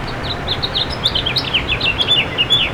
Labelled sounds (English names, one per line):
House Finch song